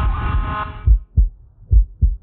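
A burst of humming background noise cuts off, leaving two clear pairs of low lub-dub thumps at about 70 beats a minute. These are normal adult heart sounds heard through a Littmann Core digital stethoscope, its active noise cancellation removing the background noise and up to 40 times amplification bringing out the beat.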